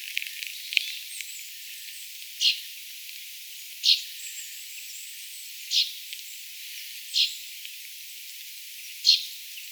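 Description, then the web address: Common chaffinch calls, five brief high notes spaced a second or two apart, over background hiss. Young chaffinch, recorded 22 August 2025. "paivat 22 8 2025 tuollaisia nuoren peipon aania"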